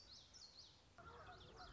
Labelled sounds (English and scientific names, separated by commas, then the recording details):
Common Yellowthroat (Geothlypis trichas)
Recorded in Sonoma County, California